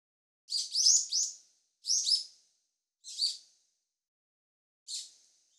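Bird giving high chirping calls: clusters of sharp chirps in four bursts, the first longest and the rest shorter, with silence between.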